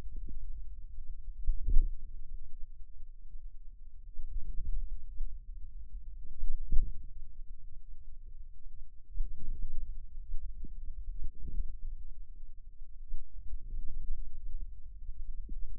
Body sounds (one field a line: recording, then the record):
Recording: forearm muscle sounds (acoustic myography)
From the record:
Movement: hand closing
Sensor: system 2, bracelet of six BSWA MPA416 microphones around the upper forearm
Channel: 1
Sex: female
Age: 22 years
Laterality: right